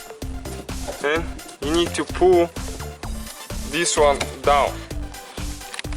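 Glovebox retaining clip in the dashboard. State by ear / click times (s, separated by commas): released / 5.7 s, 5.8 s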